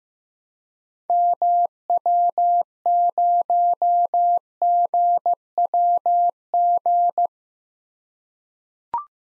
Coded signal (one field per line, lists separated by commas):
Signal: Morse code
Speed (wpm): 15 wpm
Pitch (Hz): 700 Hz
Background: none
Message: MW0GWG